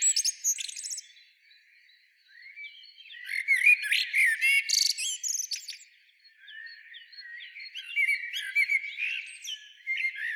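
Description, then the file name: Common blackbird singing, with a high twittery end, then a long rich warbled phrase with squeaky flourishes, and later a softer, quieter phrase. "Turdus merula"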